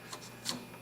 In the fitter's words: in there so it all pops into place really easily and I like that